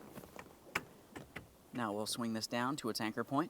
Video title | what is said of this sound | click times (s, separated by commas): How to Replace Transmission Shift Cable 2002-2009 Chevrolet Trailblazer | press that in listen for a click give it a tug to make sure it is secured | 0.8 s